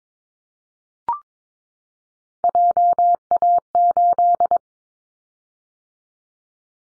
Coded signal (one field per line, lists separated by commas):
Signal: Morse code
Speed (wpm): 22 wpm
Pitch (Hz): 700 Hz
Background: none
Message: JA8